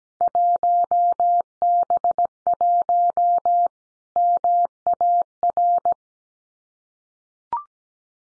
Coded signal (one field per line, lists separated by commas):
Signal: Morse code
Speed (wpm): 17 wpm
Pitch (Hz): 700 Hz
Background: none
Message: 1B1 MAR